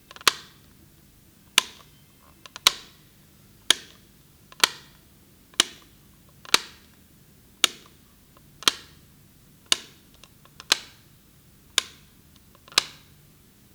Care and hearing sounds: daily activity, guitar pickup as the sensor; operate light

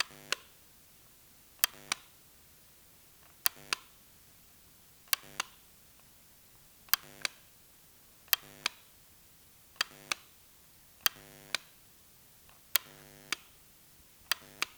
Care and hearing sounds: daily activity, guitar pickup as the sensor; operate light

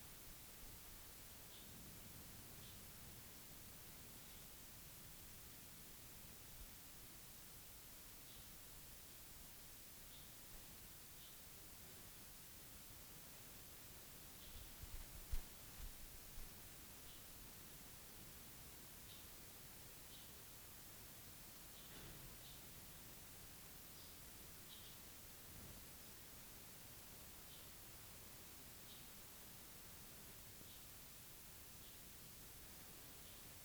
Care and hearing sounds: daily activity, guitar pickup as the sensor; sit

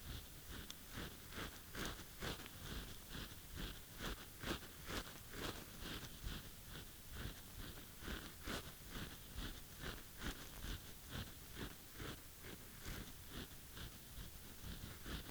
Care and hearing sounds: daily activity, guitar pickup as the sensor; brush teeth

